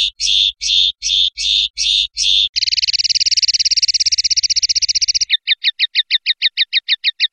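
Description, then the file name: European goldfinch song made of rapid repeated tours: a run of broad pulsed notes, then a fast buzzy rattle, then a quick series of short clipped notes. "suara burung chardonneret atau goldfinch eropa om kicau"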